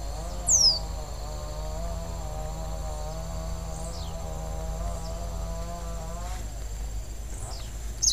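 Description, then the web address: Copper seedeater giving a single sharp, high whistled note that slides steeply downward, over a steady droning hum and a few fainter high notes. "sound Copper-seedeater. صدای-پرنده-دانه-خوار-مسی"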